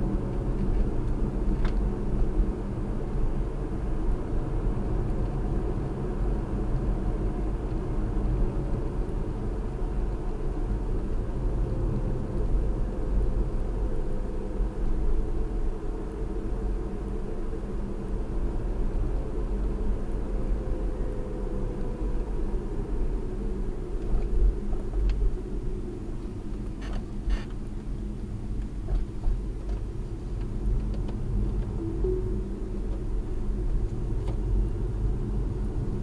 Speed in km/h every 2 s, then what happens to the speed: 53, 55, 58, 56, 53, 50, 50, 48, 50, 52, 50, 45, 39, 31, 31, 35, 35, 37.
0-6 steady at about 55. 6-13 slows to 48. 13-19 steady at about 50. 19-26 slows to 31. 26-36 speeds up to 37.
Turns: none.